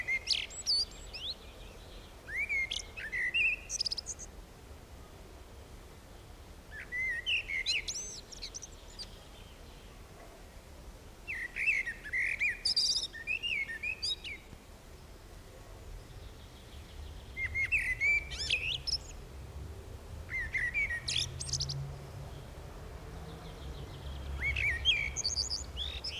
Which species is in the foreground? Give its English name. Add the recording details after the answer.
Common Blackbird. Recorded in the wild. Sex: male. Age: adult. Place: Bielefeld-Mitte, Nordrhein-Westfalen, DE. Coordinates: 52.0075, 8.54833. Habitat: residential district. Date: 1968-05-04. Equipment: Uher 4000 Report-S, Bändchenmikro Beyer M 260, Parabolspiegel Polyester (470 mm). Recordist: Conrads, Klaus